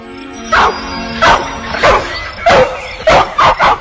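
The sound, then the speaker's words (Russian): An English setter, coming out of bushes by an overgrown pond, barks seven times in loud, mid-pitched woofs, spaced about half a second apart at first, then the last three come quickly in a tight burst. “Из кустов появилась собака, английский сеттер.”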